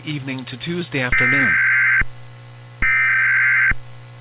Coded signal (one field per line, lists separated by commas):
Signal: Emergency Alert System (SAME) tones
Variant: header bursts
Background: speech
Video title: EAS Scenario: The Great Fire (part 1)